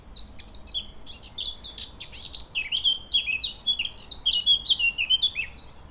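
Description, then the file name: Eurasian blackcap warbling song running throughout, fast varied scratchy notes mixed with brighter whistled phrases, faint low rumble beneath. "Sylvia atricapilla"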